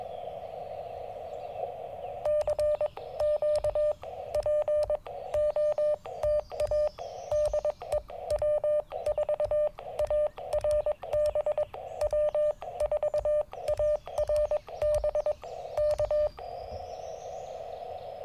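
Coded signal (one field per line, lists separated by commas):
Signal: Morse code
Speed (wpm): 22 wpm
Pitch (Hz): 600 Hz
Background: radio noise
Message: CQ POTA DE W4ARB W4ARB K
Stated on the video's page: CW Parks on the Air activation at Tuskegee National Forest with a Yaesu FT-817ND, later a Yaesu FT-891 for more power, in rough band conditions.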